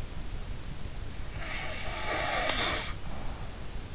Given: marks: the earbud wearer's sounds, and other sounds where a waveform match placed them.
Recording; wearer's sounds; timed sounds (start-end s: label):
sounds in sleep by an in-ear microphone; snoring breath
1.35-3.69 s: snoring breath